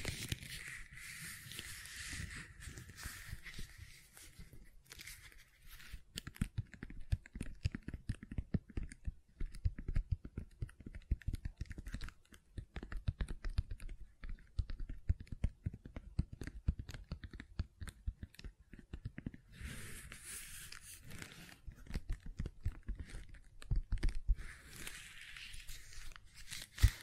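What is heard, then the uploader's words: Gentle silicone sounds made of dense, rapid tapping and soft clicking that runs almost without pause, with a low thudding body. Brighter hissing, crinkly swells rise over the taps near the start, around twenty seconds, and again near the end. ASMR Gentle Silicon Sounds for Sleep (No Talking).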